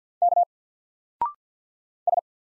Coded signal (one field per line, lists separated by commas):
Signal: Morse code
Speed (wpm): 48 wpm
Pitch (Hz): 700 Hz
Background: none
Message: K S